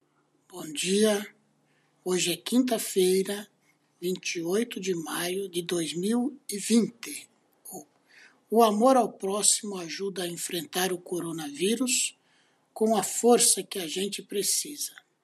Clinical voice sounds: spoken sentence; Brazilian Portuguese; male; 50 to 59 years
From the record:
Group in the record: control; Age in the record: 57 years

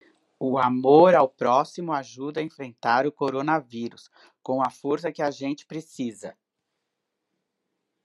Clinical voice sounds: spoken sentence; Brazilian Portuguese; female; 60 to 69 years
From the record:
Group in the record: control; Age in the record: 63 years

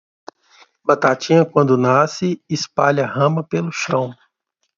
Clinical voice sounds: short text; Brazilian Portuguese; male; 30 to 39 years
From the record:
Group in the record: control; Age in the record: 38 years

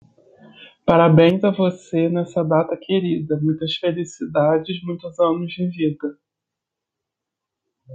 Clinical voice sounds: short text; Brazilian Portuguese; male; 20 to 29 years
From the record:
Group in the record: control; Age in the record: 27 years

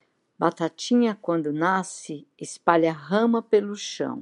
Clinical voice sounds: short text; Brazilian Portuguese; female; 70 to 79 years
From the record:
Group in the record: control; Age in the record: 72 years

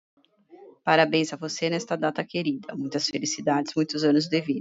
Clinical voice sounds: short text; Brazilian Portuguese; female; 40 to 49 years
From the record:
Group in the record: control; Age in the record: 45 years

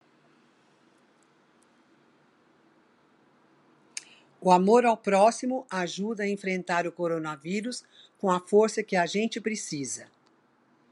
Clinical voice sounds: spoken sentence; Brazilian Portuguese; female; 70 to 79 years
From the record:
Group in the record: control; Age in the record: 72 years

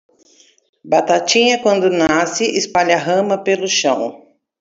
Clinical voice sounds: short text; Brazilian Portuguese; female; 40 to 49 years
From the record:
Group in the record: control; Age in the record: 40 years

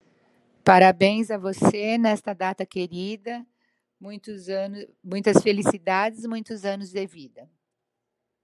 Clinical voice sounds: short text; Brazilian Portuguese; female; 50 to 59 years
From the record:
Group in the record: control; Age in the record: 58 years

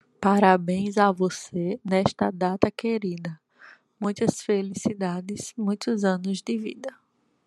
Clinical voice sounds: short text; Brazilian Portuguese; female; 30 to 39 years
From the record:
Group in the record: control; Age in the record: 32 years

